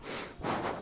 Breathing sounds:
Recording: one breath in and out by a microphone near the nose and mouth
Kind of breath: strong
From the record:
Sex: male

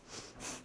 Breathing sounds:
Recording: one breath in and out by a microphone near the nose and mouth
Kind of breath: strong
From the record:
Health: marked as sick, illness not named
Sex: female

